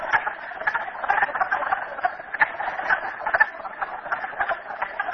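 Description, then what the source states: Many frogs trilling and clicking at once, a steady, dense chorus with small swells in volume. Frogs recorded at Merryspring.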